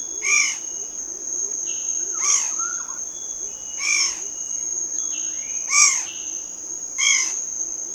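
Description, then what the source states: Long-billed honeyeater calling, short arched harmonic notes repeated about every one and a half to two seconds, over a steady high insect drone and faint lower whistles. Papua New Guinea.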